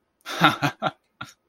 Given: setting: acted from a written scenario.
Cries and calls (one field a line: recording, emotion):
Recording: vocal sound without words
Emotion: amusement